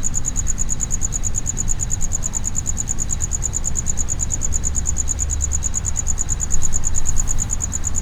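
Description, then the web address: Cricket chirping in a steady, rapid train of high pulses over a constant low rumbling hum. Cricket inside a plastic distribution box at Jászberény Zoo, recorded in 2016. "allathangok jaszberenyizoo 2016 tucsok muanyagelosztodobozban"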